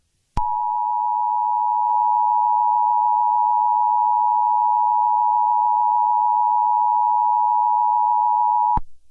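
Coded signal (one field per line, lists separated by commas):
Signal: Emergency Alert System (SAME) tones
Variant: 853 and 960 Hz attention tone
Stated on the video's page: Fictional EAS scenario, not a real alert.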